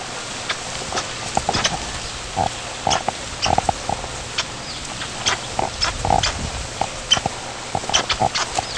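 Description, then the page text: Groove-billed Ani flight calls: short, low squeaky notes repeated at uneven intervals of about half a second to a second, with sharp clicking notes between them. Flight calls, an emphatic whistled "peek-uwheea" or shorter "uwheea" and a low squeaky "syrk", often repeated and mixed together. "Groove-billed Ani Crotophaga sulcirostris Flight call"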